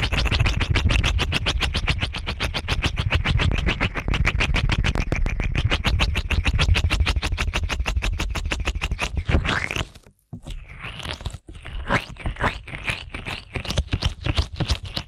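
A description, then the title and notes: Ear cleaning at a very fast pace: rapid, regular scratchy strokes repeat several times a second over a low rumble for about ten seconds. After a brief pause, slower, uneven scrapes and brushing sweeps follow to the end. ASMR Ear Cleaning at Helicopter Speed.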